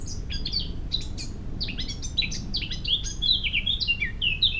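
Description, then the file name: Eurasian blackcap singing a quick chattering warble that brightens into clear, fluted notes toward the end, over steady low rumbling noise. "Sylvia atricapilla"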